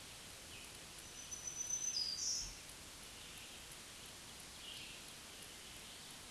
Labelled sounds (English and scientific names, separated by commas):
Black-throated Green Warbler (Setophaga virens) song